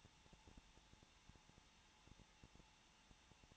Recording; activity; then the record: daily activity, microphone in the room; no activity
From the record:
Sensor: 1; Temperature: 20.1 degrees Celsius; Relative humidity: 39.4%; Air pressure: 1006.4 hPa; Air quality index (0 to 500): 219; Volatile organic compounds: 83 ppm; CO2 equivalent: 3628 ppm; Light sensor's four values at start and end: 1/2/1/1 and 1/2/1/1